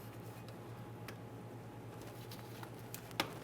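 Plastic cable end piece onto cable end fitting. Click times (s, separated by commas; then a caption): 3.2 s. The plastic end piece of a kick down cable on a 1994-2001 Dodge Ram 1500 is pressed onto the very end fitting, with a steady low hum and a few faint ticks beforehand. A sharp click at 3.2 s marks the piece clipping in, and it is secured.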